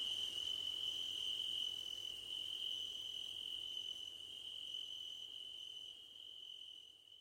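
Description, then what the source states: Crickets keep up a constant shrill trill, with a fainter higher chirp repeating in short dashes. Crickets recorded at night under a starlit sky.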